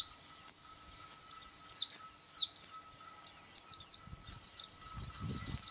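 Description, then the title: White-eye singing a string of high, slurred chirps, with faint low noise near the end. "Pleci"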